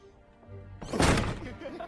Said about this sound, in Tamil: சத்தமா கதவை சாத்து.